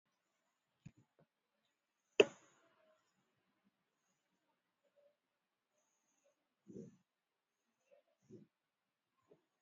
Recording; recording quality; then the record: shallow breathing; excellent, no background noise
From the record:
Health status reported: exposed to COVID-19, no respiratory illness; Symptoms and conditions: muscle pain, hypertension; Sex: female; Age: 61 years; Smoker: no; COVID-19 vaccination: one dose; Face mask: worn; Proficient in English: no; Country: India